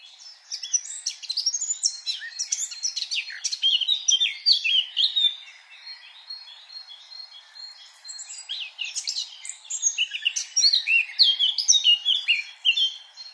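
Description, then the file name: Eurasian blackcap warbling in long hurried phrases of chattering, twittering notes mixed with clearer whistles, with short gaps between bursts. "Sylvia atricapilla"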